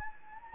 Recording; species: mosquito wingbeat signal from an infrared sensor; Anopheles gambiae